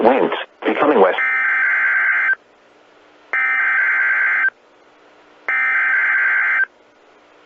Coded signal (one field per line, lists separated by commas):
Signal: Emergency Alert System (SAME) tones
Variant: header bursts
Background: speech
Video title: San Diego Tested Almost at 2pm (EAS #22974-22991) 10/16/24